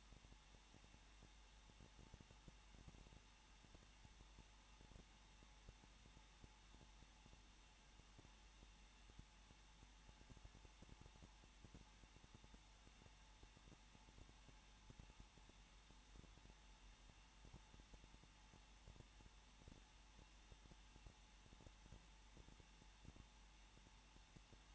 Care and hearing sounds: daily activity, microphone in the room; no activity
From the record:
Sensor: 1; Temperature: 20.1 degrees Celsius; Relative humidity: 39.4%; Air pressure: 1006.4 hPa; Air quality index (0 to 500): 219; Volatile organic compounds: 81 ppm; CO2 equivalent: 3616 ppm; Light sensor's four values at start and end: 1/2/1/1 and 1/2/1/1

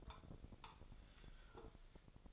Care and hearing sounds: daily activity, microphone in the room; take from stove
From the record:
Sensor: 5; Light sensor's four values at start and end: 30/68/28/28 and 31/70/29/28

